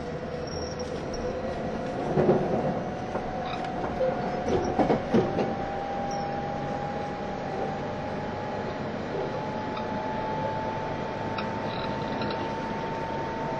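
An E351 series Super Azusa train runs with a steady low rumble and a rising whine, with brief creaks and rattles around two and five seconds.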